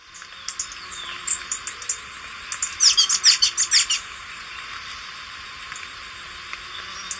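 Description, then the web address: Rufous-chested tanager calls: a brief burst of high, sharp chips in the middle, with faint scattered notes before and after. Recorded in Ecuador. "Birds of Ecuador. Rufous-Chested Tanager"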